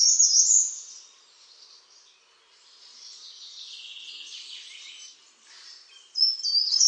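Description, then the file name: Short-toed treecreeper sharp, very high notes in quick bursts at the start and again at the close, with fainter sound between. "PELZACZOGRODOWY"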